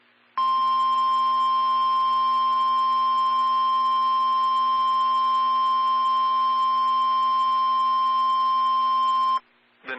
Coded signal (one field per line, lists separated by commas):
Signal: Emergency Alert System (SAME) tones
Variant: 1050 Hz attention tone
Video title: Tornado Warning (Hardin, Larue, Nelson Counties, KY) (3/25/21) [EAS #79]